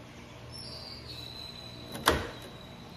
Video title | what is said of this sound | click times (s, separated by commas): New Accents For The Hyundai Santa Cruz | now we just push and hope we hear a snap wish me luck | 2.1 s